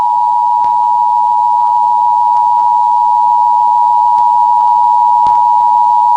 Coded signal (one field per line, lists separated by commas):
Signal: Emergency Alert System (SAME) tones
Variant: 853 and 960 Hz attention tone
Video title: EAS Mock Scenario - Deadly Packages